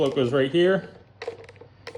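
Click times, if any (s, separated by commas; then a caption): 1.2 s, 1.9 s. Someone talks, then the plastic float arm of the fuel level sender is pushed onto its mount on the fuel pump assembly of a Miata NC. Short, sharp snaps are heard at 1.2 s and 1.9 s, with a few fainter ticks in between, as the float clips into place and is seated.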